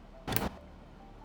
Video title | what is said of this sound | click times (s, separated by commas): ROG STRIX B850-E Gaming WIFI: How to Setup your Motherboard for the best AM5 All Black Build | That's one click, and then one final one on the top. | 0.4 s